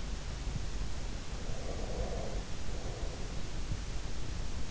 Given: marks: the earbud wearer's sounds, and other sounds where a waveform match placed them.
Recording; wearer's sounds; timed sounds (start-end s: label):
sounds in sleep by an in-ear microphone; breath
1.44-3.65 s: breath